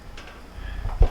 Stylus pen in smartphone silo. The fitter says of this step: it just comes right out if i'll click and there you go